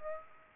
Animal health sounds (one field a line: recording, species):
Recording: mosquito wingbeat signal from an infrared sensor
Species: Aedes aegypti